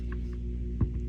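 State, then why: Not seated. A steel pin in a VZ61 Skorpion trigger assembly is lightly tapped with a hammer to snap it into its seat. Brief taps sound at about 0.1 s and 0.8 s over a steady low hum. The pin has not seated or clicked into place yet.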